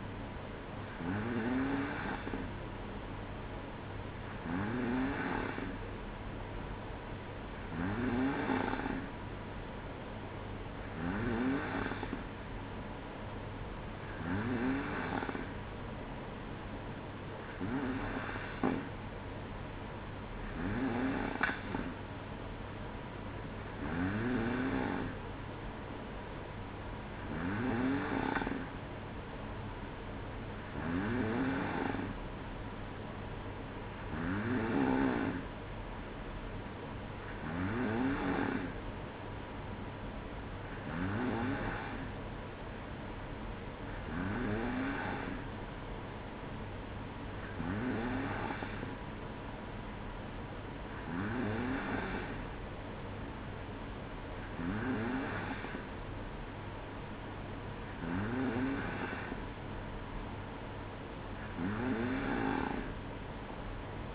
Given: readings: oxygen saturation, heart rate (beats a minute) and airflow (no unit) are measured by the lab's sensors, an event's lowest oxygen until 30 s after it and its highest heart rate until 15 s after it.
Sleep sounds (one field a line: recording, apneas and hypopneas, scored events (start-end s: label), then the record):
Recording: breathing in sleep by a voice recorder at the bedside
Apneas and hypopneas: none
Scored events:
none scored
From the record:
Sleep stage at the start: N2 (light sleep)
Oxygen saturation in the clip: 93 to 94%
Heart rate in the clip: 60 to 61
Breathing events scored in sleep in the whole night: 305 in 9.6 hours asleep